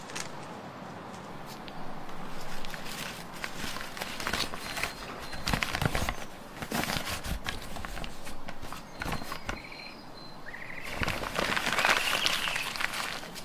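A flying broom and an open book: dense rustling and crackling runs throughout, with sharp snaps and flutters every second or so. The sound swells twice, around four to six seconds and again near the end, where a few short, bright chirps appear.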